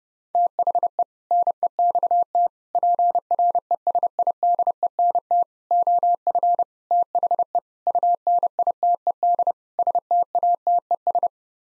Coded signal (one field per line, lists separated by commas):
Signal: Morse code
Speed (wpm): 32 wpm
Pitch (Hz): 700 Hz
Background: none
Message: THE NEXT PRESIDENT OF THE UNITED STATES